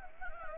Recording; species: mosquito wingbeat signal from an infrared sensor; Anopheles gambiae